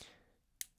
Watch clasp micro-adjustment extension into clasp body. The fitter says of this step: Nice heavy loud audible clicks.